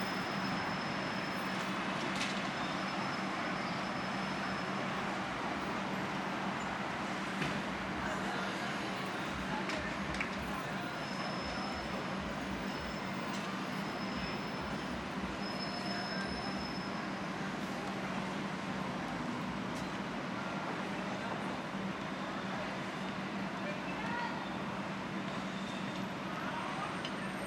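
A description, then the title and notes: A steady city roar from a New York rooftop fills the whole stretch with dense, unbroken traffic noise and a low hum. Brief high whines and faint tones drift in and out every few seconds, with an occasional soft click or knock. Ext. NYC Rooftop Loft, Semi - Active.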